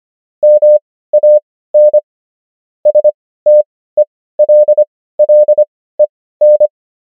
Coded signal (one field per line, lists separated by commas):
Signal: Morse code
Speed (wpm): 25 wpm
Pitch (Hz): 600 Hz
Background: none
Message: MAN STELLEN